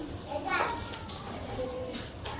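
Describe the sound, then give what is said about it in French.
Children's voices and playful shrieks ring out in a busy burst of high-pitched chatter during a teaching session, then settle into a steady murmur of kids making noise. “suivez les enfants là-dessus pour qu'ils ne fassent pas de bruit.”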